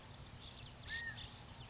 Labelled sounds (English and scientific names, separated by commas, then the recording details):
California Quail (Callipepla californica)
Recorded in Sonoma County, California